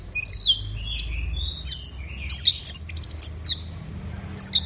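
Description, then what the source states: Orange-headed thrush song: smooth sliding whistles at first, then bright, clipped high notes and quick downslurs in short groups. Orange-headed thrush in full song (gacor teler), offered as a training recording for songbirds; part of an offline thrush-sound collection.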